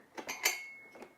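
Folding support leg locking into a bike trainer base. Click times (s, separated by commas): 0.5 s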